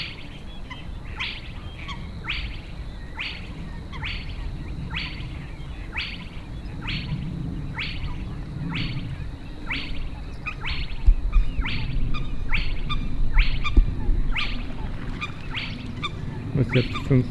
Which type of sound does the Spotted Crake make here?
song